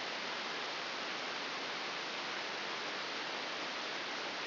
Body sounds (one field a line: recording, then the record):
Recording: brain microelectrode recording played as sound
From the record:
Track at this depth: outside the subthalamic nucleus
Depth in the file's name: 5.898 mm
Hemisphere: left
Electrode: 2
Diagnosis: Parkinson's disease